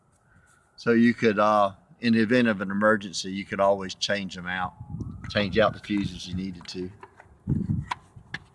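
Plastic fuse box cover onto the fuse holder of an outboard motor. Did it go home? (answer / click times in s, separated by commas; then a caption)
yes / 8.3 s. A plastic fuse box cover is refitted onto the fuse holder of an outboard motor after someone talks about the spare fuses. The cover snaps back into place with a sharp click at 8.3 s, with smaller clicks around it.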